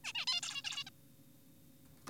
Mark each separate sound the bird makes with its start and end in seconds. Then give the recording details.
0.04-0.13, 0.15-0.25, 0.27-0.41, 0.43-0.63, 0.65-0.84, 0.87-0.90. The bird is an adult. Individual g4p5U